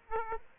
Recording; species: mosquito wingbeat signal from an infrared sensor; Aedes aegypti